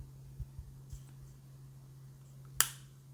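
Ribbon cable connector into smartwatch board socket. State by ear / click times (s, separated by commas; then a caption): seated / 2.6 s. While reassembling a Samsung Galaxy Watch 5 Pro during a home button repair with a midframe replacement, a ribbon cable connector is pressed onto its board socket. Over a steady low hum with a few faint taps early on, one sharp, bright snap sounds at 2.6 s as the connector seats.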